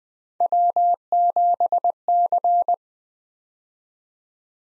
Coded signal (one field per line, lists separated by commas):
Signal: Morse code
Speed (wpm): 20 wpm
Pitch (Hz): 700 Hz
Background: none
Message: W7C